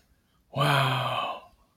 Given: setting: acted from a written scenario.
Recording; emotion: vocal sound without words; awe